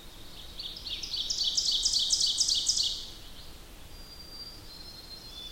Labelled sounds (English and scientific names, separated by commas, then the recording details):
Ovenbird (Seiurus aurocapilla) song
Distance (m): 20 m
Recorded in boreal forest in Alberta, Canada, on 8 June 2016 at 08:15
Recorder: SongMeter 3, array SBT-3-9
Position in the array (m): 52 m, 105 m
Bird 33